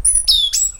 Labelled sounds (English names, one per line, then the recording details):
Stitchbird song
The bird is a male
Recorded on Tiritiri Matangi Island, New Zealand, in 2005
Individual 12, of nest box 16